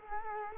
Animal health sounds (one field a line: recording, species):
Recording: mosquito wingbeat signal from an infrared sensor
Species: Culex quinquefasciatus